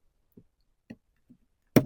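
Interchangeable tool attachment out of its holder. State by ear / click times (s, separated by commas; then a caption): released / 1.8 s. An interchangeable tool attachment is released from its holder by pulling the release tab. A few faint low ticks come first, then a loud click at 1.8 s as the attachments come off.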